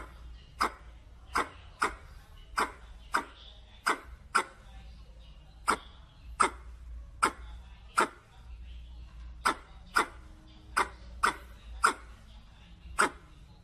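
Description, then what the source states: Red squirrel chuck calls, sharp dry clicks repeated irregularly about once a second, over a low steady hum. Red squirrel calling to the group.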